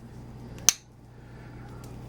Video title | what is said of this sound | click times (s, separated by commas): Lion Steel Bolus for CollectorKnives: Modern Traditional Trapper | Good audible snap | 0.7 s